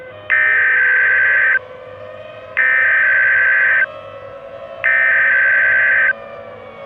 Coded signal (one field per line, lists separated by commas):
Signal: Emergency Alert System (SAME) tones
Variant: header bursts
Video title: CASCADIA - TSUNAMI/EARTHQUAKE EAS SCENARIO